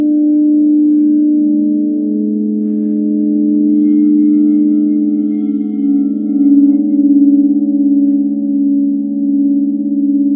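Singing bowls hum in a sustained, layered drone, several low and mid tones ringing together without a break. The sound stays steady, with a gentle slow pulsing that grows more noticeable after the middle, and faint high shimmer around four to six seconds.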